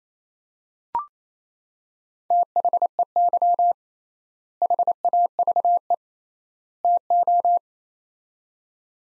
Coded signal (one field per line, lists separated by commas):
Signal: Morse code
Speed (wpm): 28 wpm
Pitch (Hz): 700 Hz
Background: none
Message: THEY HAVE TO